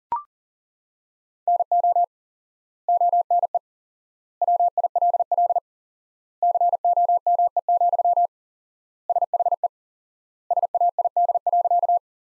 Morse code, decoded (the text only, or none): NO ONE WILL COME, SHE SAID.